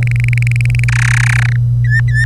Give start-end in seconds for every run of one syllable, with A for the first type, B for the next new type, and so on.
0.03-0.84 A, 0.88-1.56 B, 1.84-2.25 C